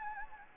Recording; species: mosquito wingbeat signal from an infrared sensor; Anopheles gambiae